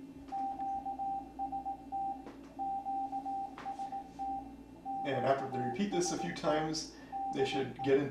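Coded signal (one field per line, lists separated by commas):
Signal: Morse code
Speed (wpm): 18 wpm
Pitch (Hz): 790 Hz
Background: speech, radio noise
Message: QST QST QST DE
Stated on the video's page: Ham radio signals received with a Commodore 128 in C64 mode through a Kantronics interface.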